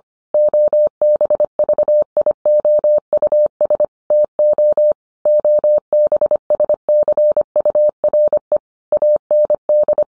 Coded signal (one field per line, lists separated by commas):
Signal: Morse code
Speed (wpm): 25 wpm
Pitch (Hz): 600 Hz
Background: none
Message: OBVIOUS TO OBSCURE AND